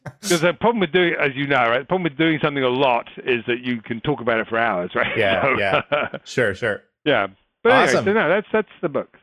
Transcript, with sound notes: There’s a problem with doing it-as you know, a problem with doing something a lot is that you can talk about it for hours, right? [laugh]
Yeah, yeah. Sure, sure. Awesome.
But anyway, so yeah, that the book.